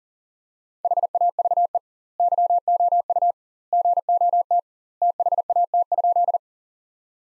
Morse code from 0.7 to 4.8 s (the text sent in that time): HAVE YOU GOT